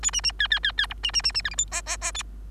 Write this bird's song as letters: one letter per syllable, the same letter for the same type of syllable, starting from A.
A B B C C C C D B B B B E F G H H H A